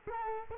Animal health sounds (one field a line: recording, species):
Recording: mosquito wingbeat signal from an infrared sensor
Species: Culex quinquefasciatus